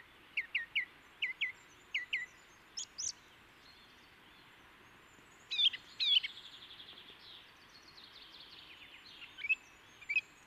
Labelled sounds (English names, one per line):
Song Thrush song